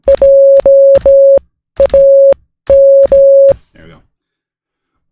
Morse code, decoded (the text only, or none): JAM